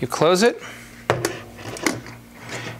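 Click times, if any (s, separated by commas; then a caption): 1.1 s. Someone talks as the Nauticam underwater camera housing for the Panasonic GH4 is closed and its locking knob is turned until the closing latch snaps shut at 1.1 s. A few smaller clicks and taps follow, and the housing is locked.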